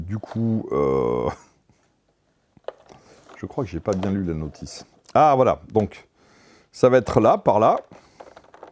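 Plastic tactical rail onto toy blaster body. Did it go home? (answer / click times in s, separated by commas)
no / none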